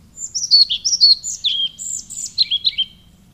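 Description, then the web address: European pied flycatcher song: a lively three-second run of high, sweet, slurred whistles, many sliding downward. "agykontroll Madardalok Cd 1. Kormos légykapó"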